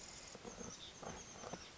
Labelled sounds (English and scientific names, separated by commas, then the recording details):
Pacific Wren (Troglodytes pacificus)
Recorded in Sonoma County, California